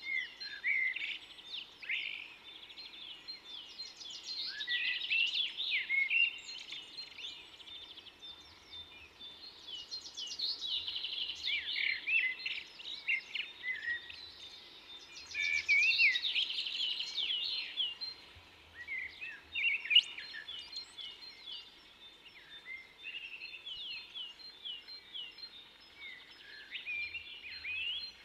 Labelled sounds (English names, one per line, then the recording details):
Common Blackbird song
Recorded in the wild
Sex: male
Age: adult
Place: Garmisch-Partenkirchen, Bayern, DE
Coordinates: 47.5164, 11.0811
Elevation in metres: 877
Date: 1971-04-13
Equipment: Nagra IV, Sennheiser MKH 405
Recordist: Tretzel, Erwin